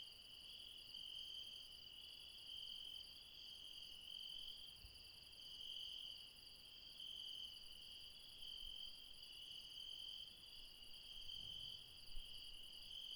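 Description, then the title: Insect chorus holding steady shrill bands, the lower tone brightening in short bursts, with a few faint low knocks. Late night in the mountains at Refuge Krevatia, Barbala (Μπαρμπαλά), Dion, Greece. "Refuge Krevatia, Μπαρμπαλά, Dion 601 00, Greece - Late night mountain insects"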